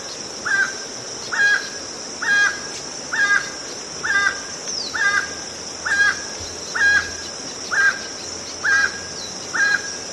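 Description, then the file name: Emerald toucanet giving a rhythmic series of grating, croaky barks about once a second, eleven in sequence, with a constant high-pitched insect hum behind. "Canto do tucaninho verde"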